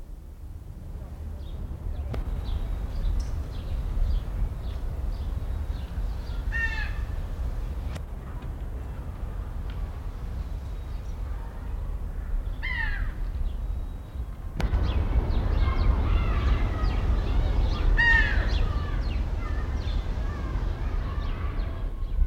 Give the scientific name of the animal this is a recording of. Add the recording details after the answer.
Buteo rufinus. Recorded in captivity. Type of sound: call. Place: Zoo Berlin, Berlin, DE. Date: 1994-10-01 10:17. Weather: wolkig, z. T. etwas Regen, aufheiternd, 12°C. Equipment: Marantz CP 430, Sennheiser ME 80, Kopie Uher Variocord 263. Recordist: Tembrock, Günter. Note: Rufe